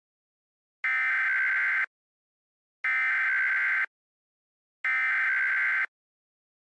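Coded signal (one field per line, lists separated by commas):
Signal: Emergency Alert System (SAME) tones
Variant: header bursts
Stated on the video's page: Fictional EAS scenario about a huge Hawaiian tsunami.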